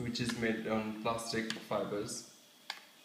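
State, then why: Released. Someone talks while prying around the seam of the plastic case of a brand new Seagate FreeAgent GoFlex 500GB portable hard drive to release its internal plastic retaining clamps. A sharp click at 2.7 s marks a plastic clip unclicking as the enclosure is released.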